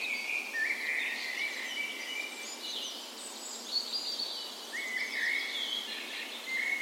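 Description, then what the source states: Bird dawn chorus: birds singing at dawn, with overlapping warbled and whistled phrases and a clear whistled song starting near the end. Dawn chorus in a park west in Bergen, Norway, on the morning of 17 May, Norway's National Day, in spring; recorded with Sony PCM A10 and LOM Usi microphones as tree ears.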